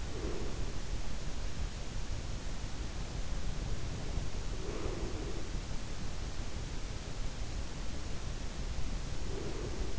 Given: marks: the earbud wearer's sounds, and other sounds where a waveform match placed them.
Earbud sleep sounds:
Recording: sounds in sleep by an in-ear microphone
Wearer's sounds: breath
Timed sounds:
0.00-0.67 s: breath
4.26-5.59 s: breath
9.24-9.99 s: breath

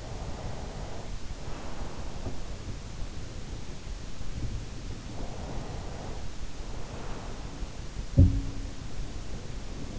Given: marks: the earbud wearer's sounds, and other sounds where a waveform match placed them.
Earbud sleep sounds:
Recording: sounds in sleep by an in-ear microphone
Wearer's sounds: breath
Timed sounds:
0.00-2.53 s: breath
4.99-7.85 s: breath
7.85-9.99 s: sound from someone else or the room

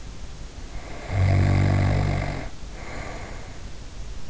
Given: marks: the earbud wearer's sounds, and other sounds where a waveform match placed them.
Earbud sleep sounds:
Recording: sounds in sleep by an in-ear microphone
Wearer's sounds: snoring breath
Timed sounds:
0.60-3.88 s: snoring breath

